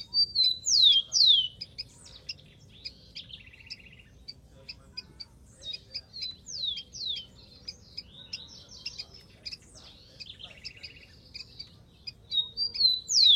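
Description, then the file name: Rufous-collared sparrow sings whistled phrases ending in steep downslurs at the start, middle and close, with busy chips and a softer buzzy trill between. "canto do tico tico"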